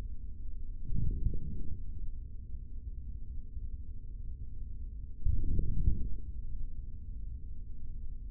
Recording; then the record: forearm muscle sounds (acoustic myography)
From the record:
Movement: forearm pronation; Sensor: system 3, bracelet of six PUI Audio POM-2738L microphones around the upper forearm, with dedicated amplification and filtering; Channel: 2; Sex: male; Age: 25 years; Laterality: right